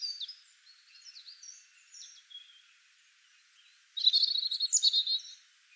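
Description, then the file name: European robin song with soft, thin wavering whistles at first, then a sudden louder burst of rapid sparkling trills near the end, over faint background hiss. "Erithacus rubecula"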